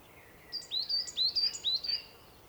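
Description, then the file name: Common chaffinch calls: several sharp, chirpy notes that sweep up and down, given in a quick run lasting about a second and a half, over a faint hiss. "Fringilla coelebs"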